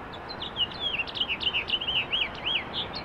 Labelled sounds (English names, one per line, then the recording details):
House Finch song
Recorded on Long Island, New York, on 21 April 2011
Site GN
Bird D